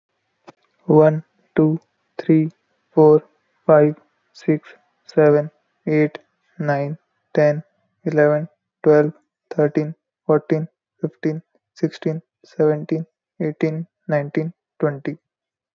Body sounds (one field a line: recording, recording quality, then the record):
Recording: counting at a normal pace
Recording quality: moderate, slight background noise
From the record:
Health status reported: respiratory illness, not identified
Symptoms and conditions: asthma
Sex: male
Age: 21 years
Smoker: not ticked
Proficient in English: yes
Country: India